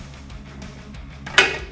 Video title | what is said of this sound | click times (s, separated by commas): Changing CORVETTE Tires | Next, let's get our leverless head locked into place | 1.4 s